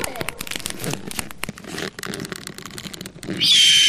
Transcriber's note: with one long last stretching sound of her face and neck, she let out a loud and long ‘KWEH’